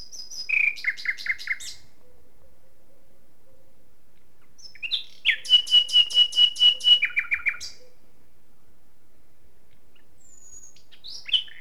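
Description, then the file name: Common nightingale song: short phrases of rapid repeated chirping notes, then a longer phrase with a sustained high whistle into a run of loud repeated notes, separated by silent pauses. "Luscinia megarhynchos"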